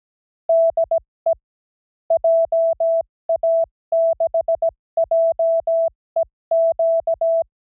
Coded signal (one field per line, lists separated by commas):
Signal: Morse code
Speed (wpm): 17 wpm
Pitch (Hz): 660 Hz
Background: none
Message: DE JA6JEQ